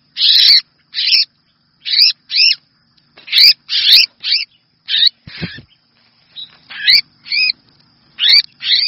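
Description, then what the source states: Red-whiskered bulbul uttering a rapid, irregular series of harsh, grating chirps, mostly single or in pairs, with a brief low thump midway. Distress call; the bird is calling for help.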